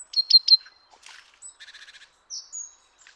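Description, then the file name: Great tit calls: three sharp high chipping notes, then a short buzzy rasp and a dry rattling chatter, ending with thin high whistled notes. "Parus major"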